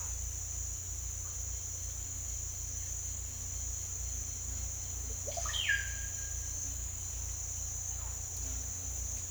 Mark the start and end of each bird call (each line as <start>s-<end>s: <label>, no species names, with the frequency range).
5.13s-6.00s: bird call (0.3-4.5 kHz)